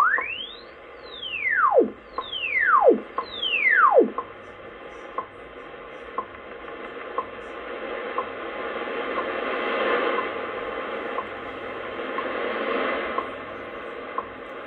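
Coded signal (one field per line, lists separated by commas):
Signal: radio time signal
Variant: WWV HamSCI test signal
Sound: four falling whistling chirps, then faint clicking ticks once per second over hiss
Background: radio static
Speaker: so here's the teston that uh they were talking about in the announcement at the beginning of the video uh which are interesting tones for testing [Music] purposes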